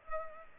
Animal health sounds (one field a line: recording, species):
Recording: mosquito wingbeat signal from an infrared sensor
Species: Culex pipiens